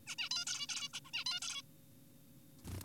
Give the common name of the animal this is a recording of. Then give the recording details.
Zebra Finch. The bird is an adult. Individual g4p5U